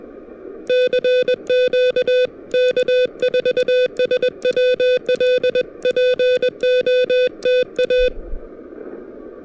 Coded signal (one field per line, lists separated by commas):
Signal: Morse code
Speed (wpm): 21 wpm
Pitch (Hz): 500 Hz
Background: music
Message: CQ K4SWL POTA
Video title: POTA at Mount Pisgah: Punching through patchy propagation and dodging dodgy weather!